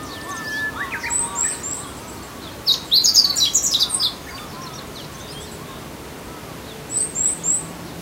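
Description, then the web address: Meadow bunting singing a rapid jumbled phrase of high sweet notes, with scattered quieter chirps before and after. Recorded at Azamidani, Japan. "azamidani sound bird 05 houzirow"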